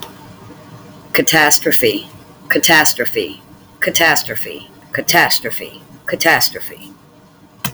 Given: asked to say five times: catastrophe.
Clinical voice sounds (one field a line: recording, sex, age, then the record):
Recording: repeated word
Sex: female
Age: 50 to 59 years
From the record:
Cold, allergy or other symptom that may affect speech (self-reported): no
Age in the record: 57 years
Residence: Florida, United States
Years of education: 14